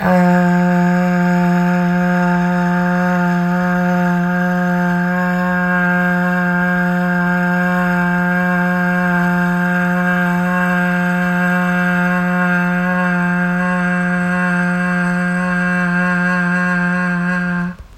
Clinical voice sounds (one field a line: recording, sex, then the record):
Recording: sustained vowel /a/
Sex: female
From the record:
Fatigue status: no fatigue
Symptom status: symptomatic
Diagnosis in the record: COVID-19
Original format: m4a